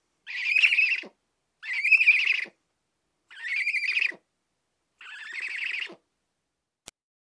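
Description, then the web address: Bird calls as four harsh, raspy notes of about a second each, evenly spaced, followed by a brief click. "Звуки Птицы"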